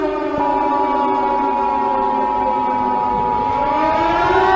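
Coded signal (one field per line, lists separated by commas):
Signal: Emergency Alert System (SAME) tones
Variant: 853 and 960 Hz attention tone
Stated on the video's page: Fictional EAS scenario, not a real alert.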